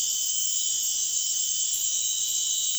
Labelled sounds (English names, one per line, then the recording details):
none
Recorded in pastures near Puerto Asís, Putumayo, Colombia, on 28 February 2025 at 02:30
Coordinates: 0.502, -76.324
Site GP07